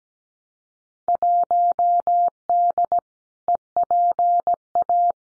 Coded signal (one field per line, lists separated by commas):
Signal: Morse code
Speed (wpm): 17 wpm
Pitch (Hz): 700 Hz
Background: none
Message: 1D EPA